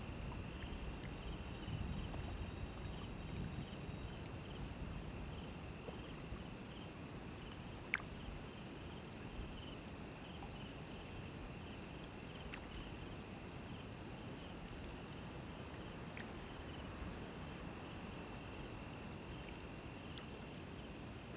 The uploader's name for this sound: African Bush Noise